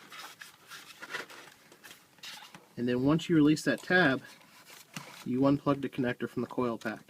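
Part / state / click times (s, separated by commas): ignition coil electrical connector on coil pack / released / 0.4 s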